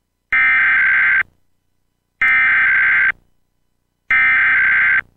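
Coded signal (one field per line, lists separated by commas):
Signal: Emergency Alert System (SAME) tones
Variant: header bursts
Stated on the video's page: Test on a cable TV system, recorded on VHS tape.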